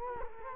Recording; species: mosquito wingbeat signal from an infrared sensor; Culex quinquefasciatus